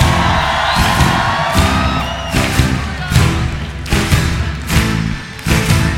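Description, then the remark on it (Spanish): A large crowd at a night-time gathering shouts and cheers loudly over a steady musical backdrop of a song praising God, with bursts of voices and whoops swelling in rhythmic waves alongside sharp percussive hits. “Ahora, ¿cuántos pueden gritar en esta noche?”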